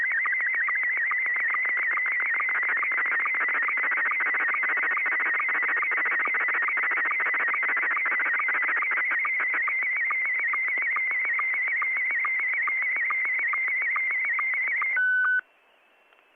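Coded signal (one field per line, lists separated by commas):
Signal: SSTV (slow-scan television)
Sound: continuous warbling whine with rapid regular clicks, ending in a brief steady tone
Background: radio static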